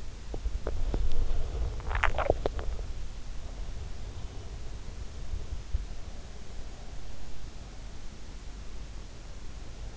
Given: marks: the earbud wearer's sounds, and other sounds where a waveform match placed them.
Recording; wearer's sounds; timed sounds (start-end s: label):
sounds in sleep by an in-ear microphone; swallowing, body movement
0.00-3.74 s: swallowing
0.85-2.05 s: body movement